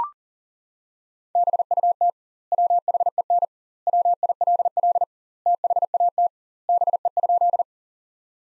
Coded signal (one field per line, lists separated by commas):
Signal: Morse code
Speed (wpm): 40 wpm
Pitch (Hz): 700 Hz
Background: none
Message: BUT WHEN WILL THAT BE?